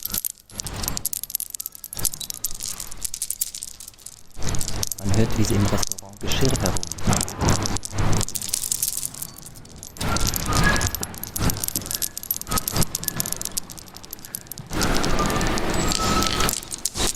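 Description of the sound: Simulated tinnitus: a constant low buzzing persists beneath restaurant dish clatter and short tones.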